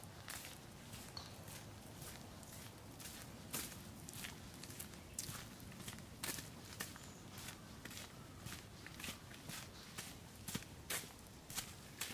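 Walking on a summer mountain trail: footsteps crunch at an uneven, fairly steady pace, each one a short sharp burst, roughly two per second. Beneath them runs a continuous low rumble and a soft hiss that stays level throughout.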